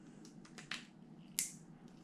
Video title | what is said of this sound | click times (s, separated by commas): NEW Headlights for my 3rd Gen Tacoma. Best LED Bulbs I’ve seen(Auxbeam GT Series) | you just go ahead and connect the driver make sure it clicks and then doesn't pull apart | 1.4 s